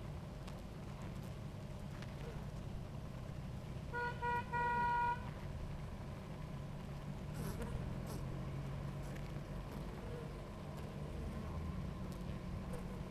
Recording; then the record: honeybee colony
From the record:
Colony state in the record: active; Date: 28 July 2017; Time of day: 17:35